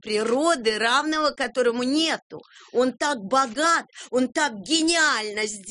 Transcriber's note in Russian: none